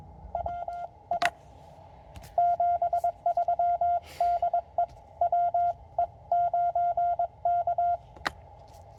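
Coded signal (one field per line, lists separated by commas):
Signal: Morse code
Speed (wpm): 22 wpm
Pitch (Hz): 700 Hz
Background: none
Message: WI 73 DE WE9K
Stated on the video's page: CW Parks On The Air activation on a Penntek TR-45L with a 17' whip and Begali Expedition key; signals weak at first, improving later.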